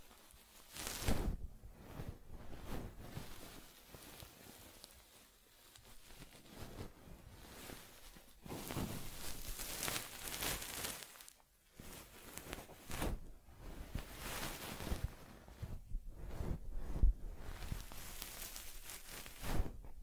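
Soft brushing and rubbing on a teddy's fur during grooming, with repeated strokes that come in uneven bursts every second or two. The scratchy sounds are bright and airy, rising and falling in loudness, with a few short quiet gaps between passes.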